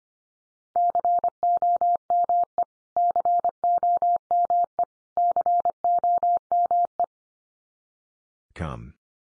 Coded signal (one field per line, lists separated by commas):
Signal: Morse code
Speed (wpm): 25 wpm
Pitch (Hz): 700 Hz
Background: none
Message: COME COME COME